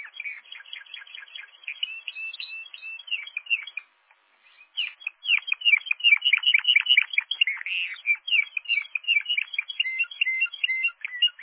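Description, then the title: Canary song: rapid rolling trills and chirpy repeated notes, fast-paced and varied, with a brief pause near four seconds before a denser burst of warbling phrases. "kenarijos"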